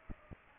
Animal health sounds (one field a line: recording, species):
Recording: mosquito wingbeat signal from an infrared sensor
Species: Aedes aegypti